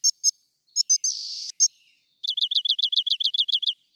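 Rock wren song: a few sharp high chips and a brief buzz, then a fast even series of repeated notes.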